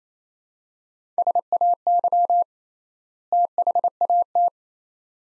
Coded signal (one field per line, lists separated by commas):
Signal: Morse code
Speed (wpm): 28 wpm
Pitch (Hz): 700 Hz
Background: none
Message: SAY THAT